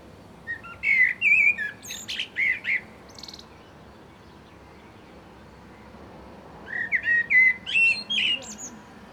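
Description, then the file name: Common blackbird singing two phrases several seconds apart, each of mellow whistles followed by squeaky high twitters. "Turdus merula"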